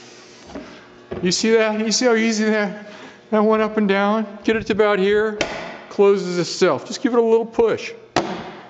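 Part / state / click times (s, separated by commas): hatch latch on a teardrop trailer / seated / 8.2 s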